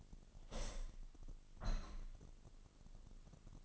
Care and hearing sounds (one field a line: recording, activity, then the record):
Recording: daily activity, microphone in the room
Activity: open window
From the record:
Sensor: 4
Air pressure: 1005.5 hPa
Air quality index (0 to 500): 94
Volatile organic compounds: 2 ppm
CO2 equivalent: 1168 ppm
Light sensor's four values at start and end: 12/28/11/10 and 12/28/11/10